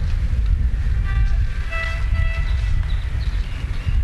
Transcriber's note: horn sound in background